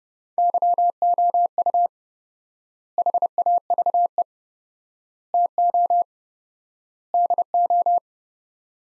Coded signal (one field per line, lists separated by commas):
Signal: Morse code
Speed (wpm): 30 wpm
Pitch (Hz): 700 Hz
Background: none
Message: YOU HAVE TO DO